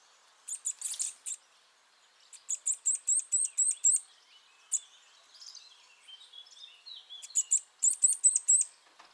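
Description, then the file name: Eurasian nuthatch giving runs of quick, high, clipped notes in separate bursts, with softer warbling notes in a gap between them. "Sitta europaea"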